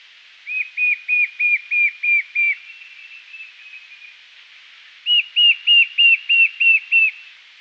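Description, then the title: White-shouldered fire-eye giving two bursts of about seven clear whistled notes each, evenly spaced, with soft fainter whistles in the pause between them. "LuckyPassaro Completos2Sama. White-shouldered Fire-eye (Pyriglena leucoptera)"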